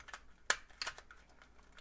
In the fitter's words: Slide down and push and lock into place.